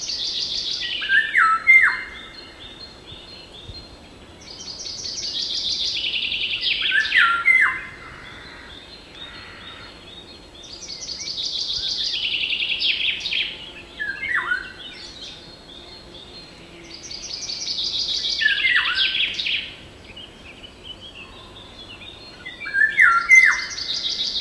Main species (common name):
Eurasian Golden Oriole